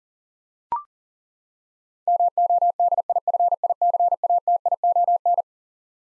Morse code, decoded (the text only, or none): MODIFICATION